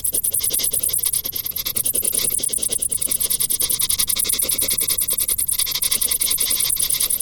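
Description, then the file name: Cricket calling, a shrill, continuous pulsing trill that barely pauses throughout. "Grillen"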